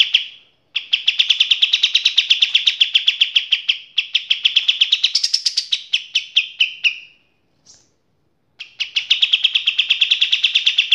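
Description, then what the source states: Kapas tembak delivering rapid rattling trills of bright repeated notes, rising then slowing into a falling series, a pause, then another quick trill. Masteran (training) song of kapas tembak.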